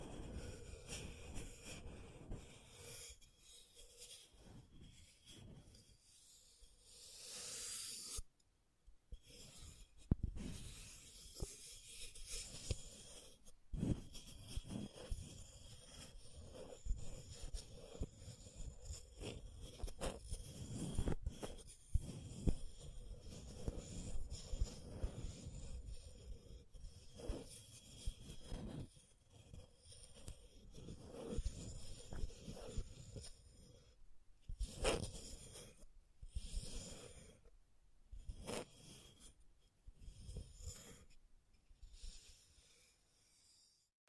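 Scratching and tracing sounds come in uneven, rasping strokes, some short and some drawn out, with brief silences near 8 and 21 seconds. Bursts cluster more tightly after 34 seconds, then thin out and fade. A faint steady hum sits underneath throughout.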